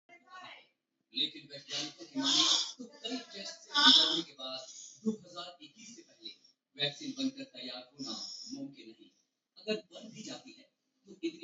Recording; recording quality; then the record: deep breathing; moderate, slight background noise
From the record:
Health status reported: healthy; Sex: male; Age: 34 years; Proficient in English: yes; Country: India